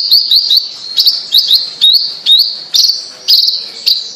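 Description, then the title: Bird giving short high chirps with brief rising notes, repeated about twice a second in a choppy, uneven rhythm. "Kicau Burung Yoi"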